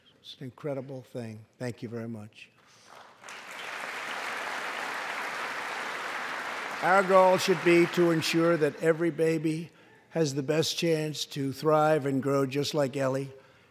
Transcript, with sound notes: It’s an incredible thing. Thank you very much. (Applause.) Our goal should be to ensure that every baby has the best chance to thrive and grow just like Ellie.